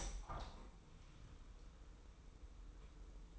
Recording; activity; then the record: daily activity, microphone in the room; open window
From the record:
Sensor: 1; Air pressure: 990.3 hPa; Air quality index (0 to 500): 160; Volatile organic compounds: 1000 ppm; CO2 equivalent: 5827 ppm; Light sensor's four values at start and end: 20/45/19/21 and 21/46/20/22